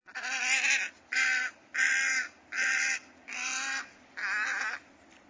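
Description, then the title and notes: Tricolored heron harsh calls: six rasping, nasal squawks given in a series. Merritt Island National Wildlife Refuge near Titusville, Florida. "The post Tricolor Heron appeared first on Laura Meyers Photograpy"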